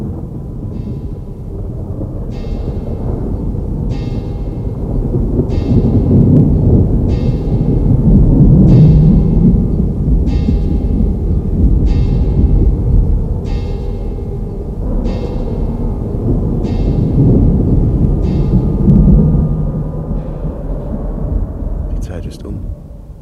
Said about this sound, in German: Da hob die alte Kirchturmglocke zum Schlagen an.